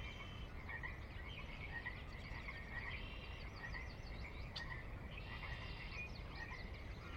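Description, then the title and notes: Pacific chorus frogs calling in a dense, overlapping chorus of rasping croaks, steady throughout with a low background rumble. Ever-present on the valley floor of Sinlahekin Valley, Washington, a glacier-carved valley in the Sinlahekin Wildlife Area near the Cascades' northeastern slope; a fixture of the Northwest soundscape; recorded at dusk. "Sinlahekin Valley dusk. the ever-present Pacific Chorus Frogs that are a fixture of the Northwest Soundscape"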